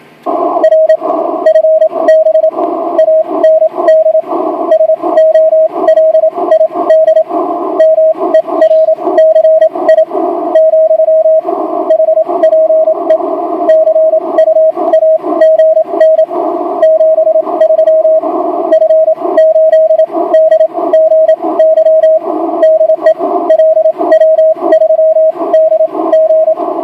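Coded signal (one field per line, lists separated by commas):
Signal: Morse code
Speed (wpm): 27 wpm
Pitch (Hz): 640 Hz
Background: radio noise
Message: R FB AND SOLID MERCI , HPE CUAGN 73 F8DGY DE LW3DG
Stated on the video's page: 10 m CW contact sent with a bug.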